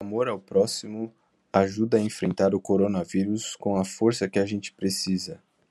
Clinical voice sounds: spoken sentence; Brazilian Portuguese; male; 20 to 29 years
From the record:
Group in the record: control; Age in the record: 27 years

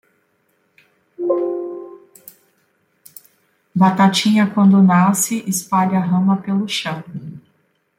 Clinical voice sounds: short text; Brazilian Portuguese; female; 40 to 49 years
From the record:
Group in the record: control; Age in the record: 46 years

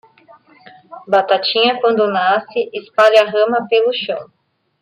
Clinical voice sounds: short text; Brazilian Portuguese; female; 30 to 39 years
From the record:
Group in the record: control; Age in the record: 33 years

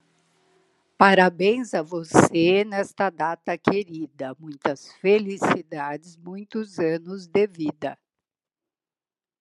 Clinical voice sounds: short text; Brazilian Portuguese; female; 50 to 59 years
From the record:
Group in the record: control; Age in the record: 58 years

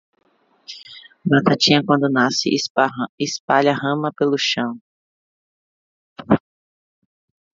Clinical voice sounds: short text; Brazilian Portuguese; female; 30 to 39 years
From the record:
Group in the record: control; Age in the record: 38 years

